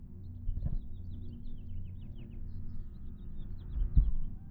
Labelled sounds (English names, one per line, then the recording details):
House Finch song
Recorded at Hewlett Harbor on Long Island, New York, on 10 June 1975
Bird C